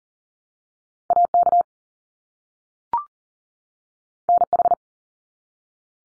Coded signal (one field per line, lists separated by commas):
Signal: Morse code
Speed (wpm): 40 wpm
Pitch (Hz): 700 Hz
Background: none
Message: AK NH